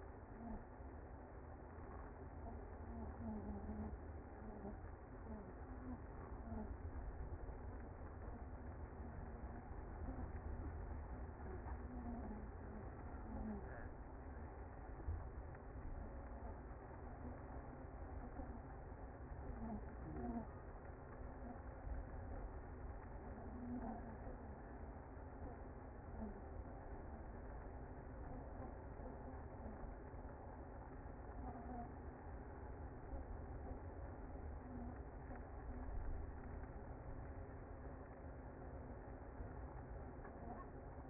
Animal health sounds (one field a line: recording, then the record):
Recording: honeybee colony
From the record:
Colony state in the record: active